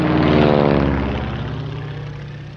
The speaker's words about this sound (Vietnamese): Trên bầu trời, một chiếc trực thăng kiểu cá lóc, ba cánh quạt, bay chậm chạp trên đầu các toán quân của chúng vừa chạm đất.